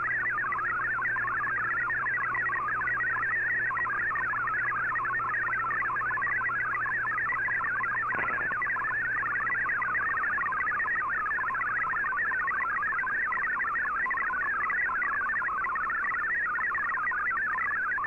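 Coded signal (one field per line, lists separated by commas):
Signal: multi-tone FSK (Olivia or MFSK type)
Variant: MFSK32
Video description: Here is my decode of the Shortwave Radiogram broadcast today on 15770Khz shortwave radio at 1300UTC in MFSK32 and 64 and with 8 SSTV images.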